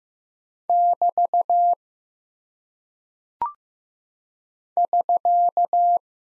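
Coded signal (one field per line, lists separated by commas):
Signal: Morse code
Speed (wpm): 15 wpm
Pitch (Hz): 700 Hz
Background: none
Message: <BT> <SK>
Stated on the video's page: Morse code practice of punctuation and prosign characters at 15 wpm, each sent, spoken, then sent again for head-copy.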